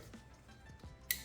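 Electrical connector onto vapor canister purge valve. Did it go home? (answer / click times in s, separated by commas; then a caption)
yes / 1.1 s. An electrical connector is pushed onto the vapor canister purge valve of a 2014-2020 Ford Fusion 1.5L. After faint low handling noises, a single sharp, loud click at 1.1 s shows the connector has seated.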